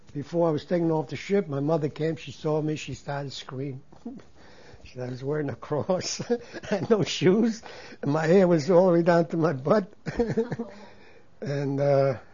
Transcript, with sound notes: before I was taken off the ship, my mother came, she saw me, she started screaming, I was wearing a cross. (he laughs) I had no shoes, my hair was all the way down to my butt, and uh--